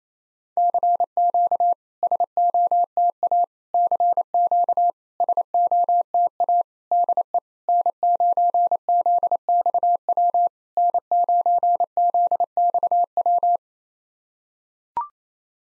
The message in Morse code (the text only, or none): CQ SOTA CQ SOTA DE N9ZXW N9ZXW